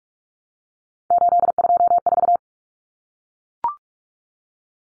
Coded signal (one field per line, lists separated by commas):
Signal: Morse code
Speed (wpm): 44 wpm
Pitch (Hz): 700 Hz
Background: none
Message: 824